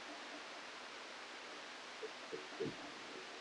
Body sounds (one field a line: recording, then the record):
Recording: brain microelectrode recording played as sound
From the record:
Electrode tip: outside the subthalamic nucleus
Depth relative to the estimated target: 2 mm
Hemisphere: left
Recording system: NeuroSet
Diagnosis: Parkinson's disease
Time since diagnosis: 27 years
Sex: male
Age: 62 years